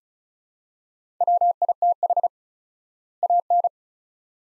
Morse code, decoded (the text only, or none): WITH AN